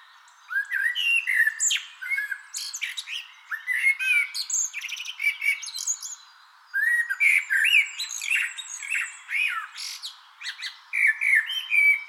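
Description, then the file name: Common blackbird giving lively bursts of chirps, squeaks and short warbled phrases, with brief pauses. "Turdus merula"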